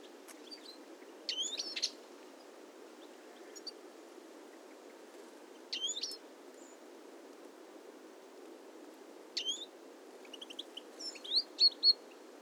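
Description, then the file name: European goldfinch calls: quick sharp liquid notes in short clusters every few seconds, ending in a burst of tinkling twitter, over a steady low background hum. "Carduelis carduelis"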